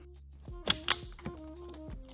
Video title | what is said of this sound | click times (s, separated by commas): I Rebuilt a $5,500 WRECKED Toyota GR Supra! - FULL BUILD | And then a couple plugs for the airbag and the horn. And then that just clicks into place. | 0.7 s, 0.9 s